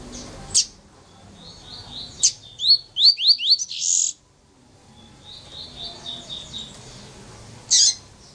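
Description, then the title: Double-collared seedeater song: sharp high notes, then a quick run of bright, slurred whistles around three seconds in, with a softer twittering phrase after it and a final sharp note. "Canto Coleiro"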